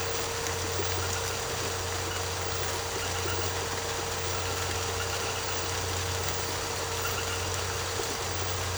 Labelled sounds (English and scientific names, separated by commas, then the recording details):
none
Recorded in secondary vegetation near Puerto Asís, Putumayo, Colombia, on 13 March 2025 at 21:00
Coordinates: 0.468, -76.324
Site G059